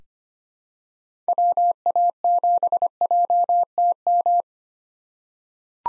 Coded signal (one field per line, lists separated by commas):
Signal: Morse code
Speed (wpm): 25 wpm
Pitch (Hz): 700 Hz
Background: none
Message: WA7JTM